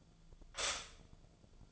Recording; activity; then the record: daily activity, microphone in the room; stop toaster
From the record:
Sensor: 5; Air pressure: 1009.3 hPa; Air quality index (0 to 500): 168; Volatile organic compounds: 4 ppm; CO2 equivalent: 1628 ppm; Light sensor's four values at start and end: 89/236/96/101 and 89/236/96/101